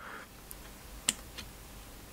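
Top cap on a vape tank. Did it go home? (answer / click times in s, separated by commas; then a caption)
released / 1.1 s. The metal top cap of a vape tank is turned half a turn, giving a faint tick at 0.5 s and a sharp, bright click at 1.1 s, followed by a softer tick near 1.4 s. The cap is released so it can be lifted off to reach the top-fill port for filling.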